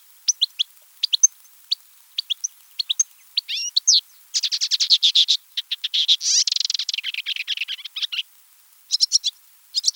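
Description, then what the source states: Marsh warbler song: a fast, varied stream of sharp ticks, buzzy trills and slurred whistles, with dense chattering runs in the middle and scattered clicks around them. Recorded in a marsh in France on 7 July 1984.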